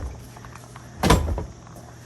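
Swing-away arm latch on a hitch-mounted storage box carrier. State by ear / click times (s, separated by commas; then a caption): seated / 1.0 s. A hitch-mounted swing-away storage box carrier is swung back into its travel position. Its metal swing-away arm latch engages with a loud clunk at 1.0 s, followed by a brief rattle. The carrier locks in place.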